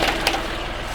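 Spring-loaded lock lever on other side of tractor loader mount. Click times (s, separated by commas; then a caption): 0.3 s. The spring-loaded steel lock lever on the other side of an H240 quick-attach front-end loader mount on a 2014 John Deere 5065 tractor is engaged. A sharp metallic snap at 0.3 s stands out over steady low engine rumble. The second side lock seats into place.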